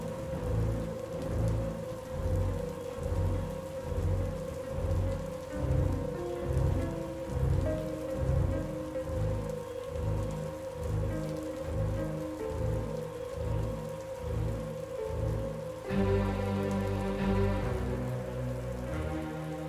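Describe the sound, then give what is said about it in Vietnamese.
Heavy rain pours down steadily with a dense hiss in a thunderstorm with repeated thunder and lightning, as four young people hurry along a road; low rumbling pulses of thunder roll underneath, and a louder surge of rain and rumble swells near the end. No voices. “Trong cái màn mưa giông sấm chớp liên hồi đó, có bốn bóng người trẻ đang hối hả đi trên đường.”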